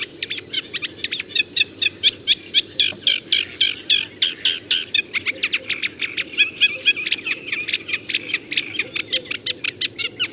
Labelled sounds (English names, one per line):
Eurasian Reed Warbler song